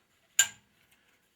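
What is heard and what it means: A smaller PVC pipe is pressed hard into a plastic snap-on mounting clamp, giving one sharp, bright snap at 0.4 s followed by a faint tick near 0.9 s. Only the first of the two snaps needed for a full install is made, held back on purpose, so the pipe is only partly seated.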